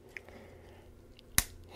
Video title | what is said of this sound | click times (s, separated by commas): Ungrownups Video Transmission: MakeToys Green Giant Type-61 (aka Not Devastator) | slide it in very satisfying click you'll hear it's | 1.4 s